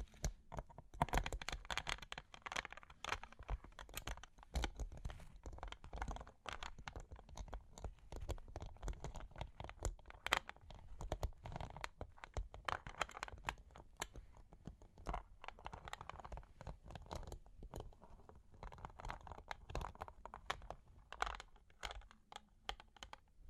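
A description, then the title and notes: Long claws tap and scratch at a quick, irregular pace, a dense stream of sharp clicks running the whole length. Short scraping bursts mix in among the taps, with a brief thinner stretch near seventeen seconds before the clatter picks up again. Long Claws Tapping and Scratching (No Talking).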